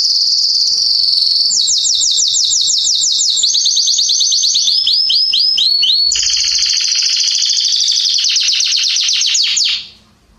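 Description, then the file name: Canary song: loud, continuous high trills and rapid repeated notes, changing tour every second or two, some descending slurred notes around six seconds, ending abruptly. "Canary Voice"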